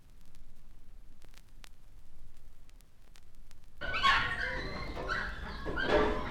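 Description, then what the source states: Dog barks break out after a few quiet seconds: a burst of harsh barks, then another near the end. In a kennel.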